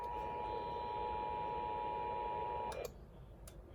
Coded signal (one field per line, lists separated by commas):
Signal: Emergency Alert System (SAME) tones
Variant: 853 and 960 Hz attention tone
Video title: Montana Amber Alert {EAS #51}